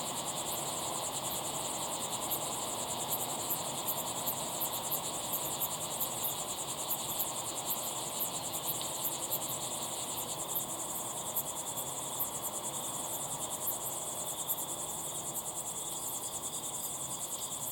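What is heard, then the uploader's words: Crickets chirp steadily at dusk in a quiet desert, their fast, regular pulses forming a bright, shimmering layer high above. A soft, even hush of wind or rumble sits underneath throughout, with no distinct events. Binaural Cricket Sounds. Crickets at sunset in the incredible Timanfaya pyroclastic desert on the island of Lanzarote. All our audio is recorded infield with special ambisonic audio recording equipment. In the transformation process we simulate very slow head movements in the ambisonic soundfield.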